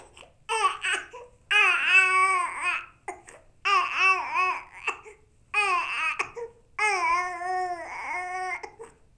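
An infant cries in repeated wailing bursts, about four to five in nine seconds, each with a strong rising and falling pitch and short breaks for breath between them. It is an ordinary baby cry.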